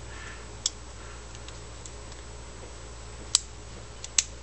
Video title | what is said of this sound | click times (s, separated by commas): Assembling a Merriman-style sheave | Listen very carefully. You hear it click together. | 3.4 s, 4.2 s